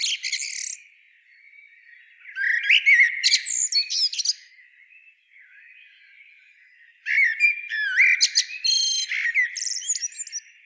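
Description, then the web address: Common blackbird song, short twittery notes then two full phrases of low flute-like whistles with high chattering endings, gaps of quiet between. "SETE Turdus merula"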